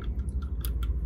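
While refitting the intake swirl flap motor on a Mercedes CLK 320 3.0 V6 diesel (OM642 engine) with a limp mode fault code 2513-1, the actuator's linkage arm is pressed by hand onto the intake manifold flap lever. Faint small ticks come before and after a sharp click at 0.7 s, when the arm snaps into place and is seated.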